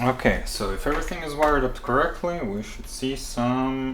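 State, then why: Not seated. The 3D-printed magnetic jaw piece of a motorized Arasaka cosplay helmet from Cyberpunk 2077 is handled near its magnet pairs, which also carry power to the helmet's lights. Someone talks throughout the clip. Nothing has seated or clicked yet.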